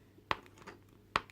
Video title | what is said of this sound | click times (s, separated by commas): Godzilla King of the Monsters Rodan - Toy Review | see what he would hear it click see if you rest it on that | 0.3 s, 1.2 s